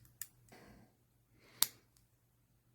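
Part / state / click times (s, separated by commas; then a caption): stainless steel fork piece going into a camping eating-utensil multitool / seated / 1.6 s. After turning it around because it had been facing the wrong way, a stainless steel fork piece is pressed into a Tactiman camping eating-utensil multitool. A small click at 0.2 s and some handling rustle come first, then a sharp, bright snap at 1.6 s as the fork seats, followed by a faint tick near 2.0 s. The fork is now seated in the multitool.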